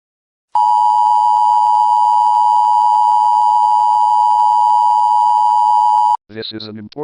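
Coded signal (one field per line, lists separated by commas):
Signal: Emergency Alert System (SAME) tones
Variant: 853 and 960 Hz attention tone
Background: speech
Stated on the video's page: Fictional EAS scenario about cable anti-piracy using valid tones, created for entertainment.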